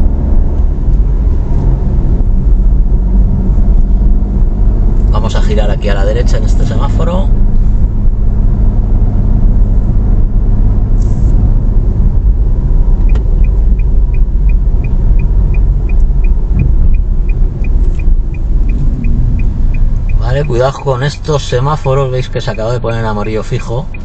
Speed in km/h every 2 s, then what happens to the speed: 36, 39, 40, 41, 42, 42, 38, 36, 31, 4, 1, 0.
0-8 speeds up to 42. 8-19 brakes to 1. 19-24 standing.